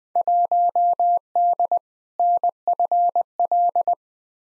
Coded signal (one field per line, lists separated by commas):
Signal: Morse code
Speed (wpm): 20 wpm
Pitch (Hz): 700 Hz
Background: none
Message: 1D NFL